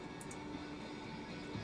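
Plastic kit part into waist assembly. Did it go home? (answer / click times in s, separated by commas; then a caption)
no / none. A plastic part from a Bandai MG RX-0 Unicorn Gundam + MS Cage kit is wedged and pushed hard into the waist assembly to try to snap it into place. Over a steady low background hum there are only faint, brief high-pitched ticks near 0.2 and 0.3 s. The part refuses to go in, and nothing has seated or clicked yet.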